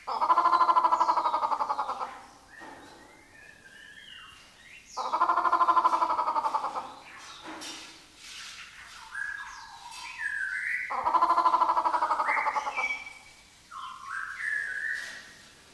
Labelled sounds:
Grey Peacock-Pheasant (Polyplectron bicalcaratum)

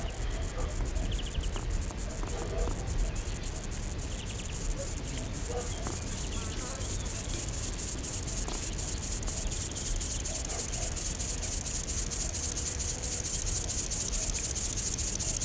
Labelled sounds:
Upland Field Grasshopper (Chorthippus apricarius) stridulation

